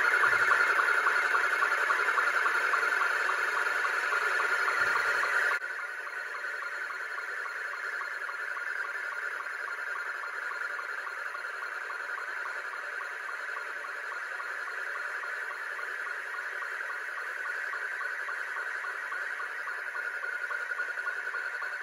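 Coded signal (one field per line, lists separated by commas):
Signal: SSTV (slow-scan television)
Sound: steady warbling, scanning tone with rhythmic short ticks, continuing throughout under noise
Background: radio static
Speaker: this is Hungary eh it's Hungary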